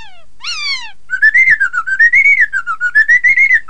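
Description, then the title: Laughingthrush singing: two sliding descending notes, then a rapid, rolling stream of loud whistled notes that wavers up and down. "Suara Kicau Burung Poksay"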